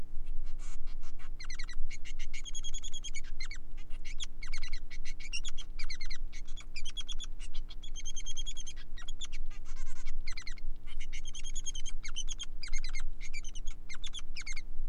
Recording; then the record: song of a male Bengalese finch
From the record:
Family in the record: son of father 3